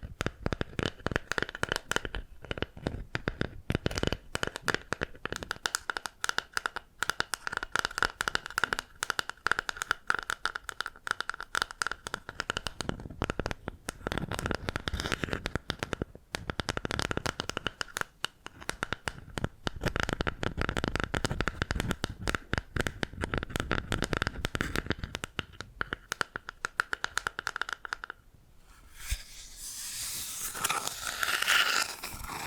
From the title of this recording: Bamboo Tapping, Scratching and Brushing Sounds